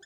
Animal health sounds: pig call; piglet (1 to 25 days)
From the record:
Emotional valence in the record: negative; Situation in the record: short isolation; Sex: male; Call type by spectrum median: high-frequency call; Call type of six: low-frequency tonal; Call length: 0.06 s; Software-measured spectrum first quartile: 1353 Hz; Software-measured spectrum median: 2752 Hz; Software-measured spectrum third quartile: 5014 Hz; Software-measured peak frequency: 1762 Hz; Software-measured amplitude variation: 22 dB a second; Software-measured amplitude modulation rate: 7.8 a second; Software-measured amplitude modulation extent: 2.8 dB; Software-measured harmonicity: 9.5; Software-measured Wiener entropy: -3.48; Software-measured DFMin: 1016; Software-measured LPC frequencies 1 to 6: 443, 1567, 1758, 3257, 3527, 4838 Hz

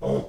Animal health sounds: pig call; piglet (1 to 25 days)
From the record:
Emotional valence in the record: negative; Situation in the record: restrain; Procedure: in the arms of a person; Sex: male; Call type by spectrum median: low-frequency call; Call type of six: low-frequency stable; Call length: 0.29 s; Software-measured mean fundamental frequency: 57 Hz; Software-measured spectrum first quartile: 192 Hz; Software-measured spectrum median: 393 Hz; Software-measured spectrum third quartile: 535 Hz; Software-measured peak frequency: 442 Hz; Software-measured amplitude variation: 108 dB a second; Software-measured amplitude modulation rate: 22.7 a second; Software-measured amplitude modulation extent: 4.8 dB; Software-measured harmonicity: 1.6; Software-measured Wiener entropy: -0.42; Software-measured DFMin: 1250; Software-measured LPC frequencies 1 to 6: 502, 2066, 3166, 4826, 5923, 7516 Hz

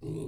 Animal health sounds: pig call; weaner (32 to 43 days)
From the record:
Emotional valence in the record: negative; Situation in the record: novel object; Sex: female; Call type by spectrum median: low-frequency call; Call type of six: low-frequency stable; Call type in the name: low-frequency stable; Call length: 0.28 s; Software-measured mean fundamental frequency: 52 Hz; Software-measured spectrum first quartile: 148 Hz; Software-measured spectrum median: 274 Hz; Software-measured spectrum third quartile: 435 Hz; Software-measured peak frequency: 323 Hz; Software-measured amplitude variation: 133 dB a second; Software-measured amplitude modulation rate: 30.0 a second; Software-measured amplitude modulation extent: 4.4 dB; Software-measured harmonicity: 2.1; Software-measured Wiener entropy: 0.04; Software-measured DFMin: 1272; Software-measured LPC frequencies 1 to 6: 344, 2576, 3685, 4250, 5787, 7634 Hz

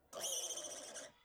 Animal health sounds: pig call; piglet (1 to 25 days)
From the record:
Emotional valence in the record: negative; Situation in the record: restrain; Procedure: back test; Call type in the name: high-frequency call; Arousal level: low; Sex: female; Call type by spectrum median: high-frequency call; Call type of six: mixed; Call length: 1.25 s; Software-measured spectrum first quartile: 1927 Hz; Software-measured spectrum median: 5044 Hz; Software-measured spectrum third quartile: 6854 Hz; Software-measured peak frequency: 6042 Hz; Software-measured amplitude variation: 160 dB a second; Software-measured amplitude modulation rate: 20.8 a second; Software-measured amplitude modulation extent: 7.7 dB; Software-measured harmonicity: 4.4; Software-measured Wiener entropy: -2.08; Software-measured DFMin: 849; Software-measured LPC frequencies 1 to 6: 637, 1563, 3114, 6189, 8374, 9024 Hz

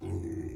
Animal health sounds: pig call; weaner (32 to 43 days)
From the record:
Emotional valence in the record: positive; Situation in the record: positive conditioning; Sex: female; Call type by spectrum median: low-frequency call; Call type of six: low-frequency stable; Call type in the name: low-frequency stable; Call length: 0.56 s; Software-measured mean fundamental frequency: 49 Hz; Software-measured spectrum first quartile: 96 Hz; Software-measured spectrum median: 229 Hz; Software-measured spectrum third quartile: 364 Hz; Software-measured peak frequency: 333 Hz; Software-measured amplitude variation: 135 dB a second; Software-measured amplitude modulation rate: 27.0 a second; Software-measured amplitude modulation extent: 5.0 dB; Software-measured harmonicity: 2.4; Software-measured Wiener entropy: -0.15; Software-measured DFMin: 1042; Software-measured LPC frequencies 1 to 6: 328, 1930, 2447, 3416, 4996, 6332 Hz

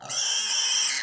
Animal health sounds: pig call; weaner (32 to 43 days)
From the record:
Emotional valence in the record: negative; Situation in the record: restrain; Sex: male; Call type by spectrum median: high-frequency call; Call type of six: high-frequency stable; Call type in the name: high-frequency stable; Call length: 1.03 s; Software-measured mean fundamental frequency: 196 Hz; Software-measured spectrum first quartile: 3881 Hz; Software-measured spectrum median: 5635 Hz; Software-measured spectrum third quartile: 7383 Hz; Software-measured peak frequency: 3117 Hz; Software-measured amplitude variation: 88 dB a second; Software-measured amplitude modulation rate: 24.7 a second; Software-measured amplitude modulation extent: 3.6 dB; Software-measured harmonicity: 1.9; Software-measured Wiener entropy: -2.03

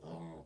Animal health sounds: pig call; piglet (1 to 25 days)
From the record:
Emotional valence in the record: negative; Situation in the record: castration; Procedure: castration, cut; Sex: male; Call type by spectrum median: low-frequency call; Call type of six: low-frequency modulated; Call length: 0.46 s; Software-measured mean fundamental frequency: 80 Hz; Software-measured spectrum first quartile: 192 Hz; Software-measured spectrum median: 376 Hz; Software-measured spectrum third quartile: 758 Hz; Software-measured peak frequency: 164 Hz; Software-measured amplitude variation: 83 dB a second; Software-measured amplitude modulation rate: 9.8 a second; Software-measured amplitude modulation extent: 8.4 dB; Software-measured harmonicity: 2.7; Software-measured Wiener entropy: -0.02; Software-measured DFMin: 1304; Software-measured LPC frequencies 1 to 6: 803, 1983, 3325, 4774, 6516, 7918 Hz

